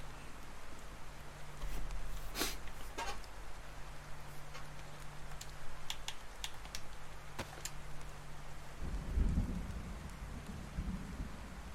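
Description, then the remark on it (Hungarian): Steady rain hisses throughout, punctuated by scattered sharp drip impacts, over a faint low hum, with a deeper rumble swelling briefly near the end. No one speaks. “Bízzunk benne, hogy hamar el fog állni az eső.”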